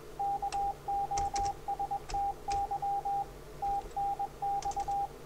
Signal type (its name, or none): Morse code